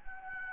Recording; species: mosquito wingbeat signal from an infrared sensor; Anopheles gambiae